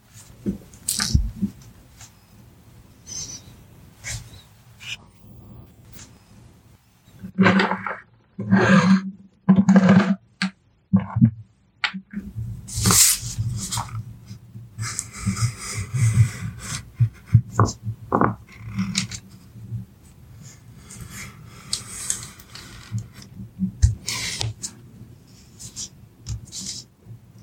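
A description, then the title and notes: Pencils scratch and trace, with short dry strokes and scrapes coming in irregular bursts. Around eight to ten seconds a few louder scratches stand out, and from thirteen seconds the paper rustling and scraping grows busier and more continuous. Soft tracing with pencils.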